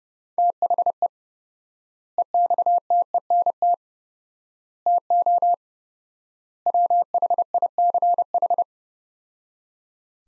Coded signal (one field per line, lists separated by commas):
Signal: Morse code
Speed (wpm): 29 wpm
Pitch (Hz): 700 Hz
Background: none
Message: THE EXTENT TO WHICH